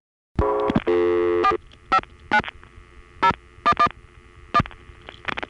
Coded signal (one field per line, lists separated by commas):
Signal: DTMF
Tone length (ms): 70 ms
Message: 459 011